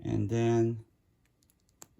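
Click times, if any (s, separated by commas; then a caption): 1.8 s. Someone talks, then a swap hand is pushed onto the wrist peg of a plastic NECA Teenage Mutant Ninja Turtles Usagi Yojimbo action figure after the old hand was popped off. A few faint ticks come at 1.4, 1.5 and 1.7 seconds, then a sharp click at 1.8 seconds as the hand seats on the peg.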